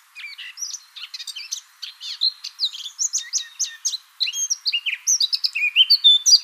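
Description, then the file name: Eurasian blackcap song: a rich, hurried warble mixing scratchy chatter with bright whistled notes, becoming louder and more fluty in the final seconds. "Sylvia atricapilla"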